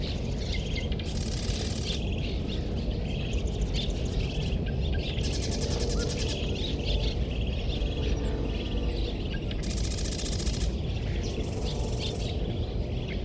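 A steady low rumble from a distant freight train fills the background without a break. Over it, many marsh birds chirp and call, with bursts of buzzy, rapid trilling around the second, sixth and tenth seconds.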